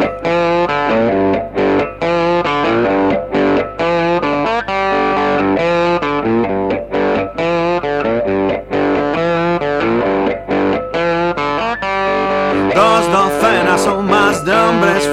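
A loud, distorted electric guitar opens a rock song with dense, sustained chords and a steady driving rhythm, the sound brightening and growing fuller near the end. No voices.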